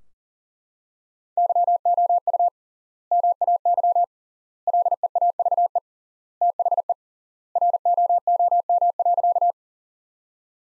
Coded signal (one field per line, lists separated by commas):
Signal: Morse code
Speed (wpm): 38 wpm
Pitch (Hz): 700 Hz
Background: none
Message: YOU MAY LEAVE THE ROOM.